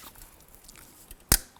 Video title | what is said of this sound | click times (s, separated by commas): How to Replace Rear Wheel Hub 2006-10 Honda Civic | That'll lock into place, and we'll go ahead and slide the caliper on. | 1.3 s